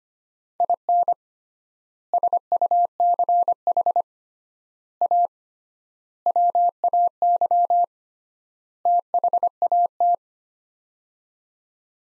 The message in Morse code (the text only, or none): IN SUCH A WAY THAT